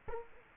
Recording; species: mosquito wingbeat signal from an infrared sensor; Culex quinquefasciatus